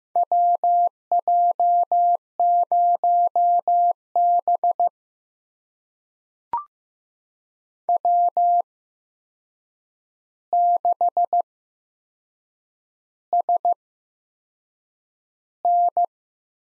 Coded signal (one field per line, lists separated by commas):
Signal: Morse code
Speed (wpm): 15 wpm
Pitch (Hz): 700 Hz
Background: none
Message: WJ0B W6SN